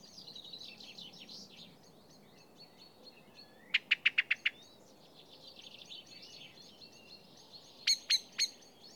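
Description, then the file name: Common blackbird giving a rapid run of six sharp clicking calls, then a shorter burst of three, over faint background twittering and steady noise. "Turdus merula"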